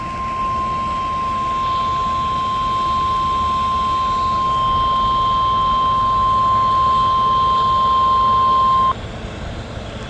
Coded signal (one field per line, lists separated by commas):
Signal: Emergency Alert System (SAME) tones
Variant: 1050 Hz attention tone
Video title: Final RWT at College.... NWR Weekly Test on WWG59 (1/25/22) (EAS #1610)